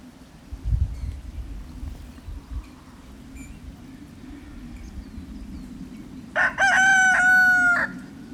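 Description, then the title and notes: Chicken: rooster crowing: one loud harmonic crow near the end, after a stretch of low rumbling background noise. Rooster on a dung heap on an unusually warm winter day with snow lying; Mitterleiten, Aschau im Chiemgau, Germany. "Mitterleiten, 83229 Aschau im Chiemgau, Deutschland - The Rooster and His Chickens. Der Hahn und seine Hühner. Auf dem Misthaufen an einem viel zu warmen Wintertag. Jedoch lag Schnee. Und ein Flugzeug zieht am Himmel vorüber"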